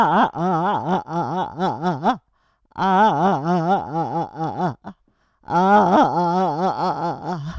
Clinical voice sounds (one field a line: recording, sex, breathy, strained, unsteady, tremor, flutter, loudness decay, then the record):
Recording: sustained vowel /a/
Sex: female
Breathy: absent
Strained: present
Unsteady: absent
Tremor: present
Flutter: absent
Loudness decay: absent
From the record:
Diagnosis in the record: Parkinson's disease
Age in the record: 78 years